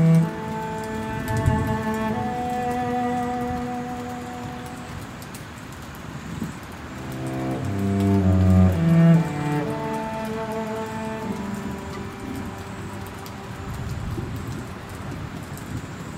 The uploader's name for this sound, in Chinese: 鋼琴音樂配合雷雨的聲音